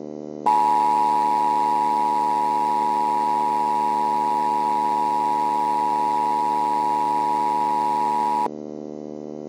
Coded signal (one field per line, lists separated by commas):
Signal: Emergency Alert System (SAME) tones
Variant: 853 and 960 Hz attention tone